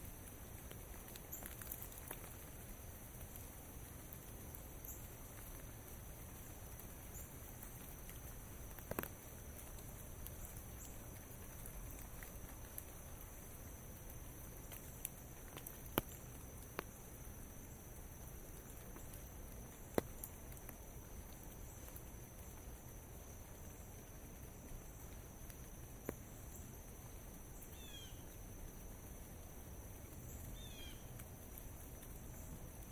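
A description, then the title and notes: Walking in the rain: a steady, dense hiss of rainfall runs the whole time under a low rumble. Sharp ticks and taps break through now and then, strongest around 9, 15, 20 and 26 seconds, and a couple of faint chirps appear near 28–31 seconds. Walk in the Rain.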